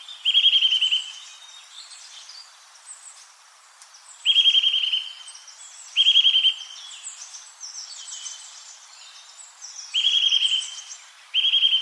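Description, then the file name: Eurasian nuthatch calls: quick rattling trills of clear piping notes, repeated five times at irregular gaps, over a busy chorus of thin high bird chirps. "Sitta europaea"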